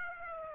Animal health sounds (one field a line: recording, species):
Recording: mosquito wingbeat signal from an infrared sensor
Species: Aedes aegypti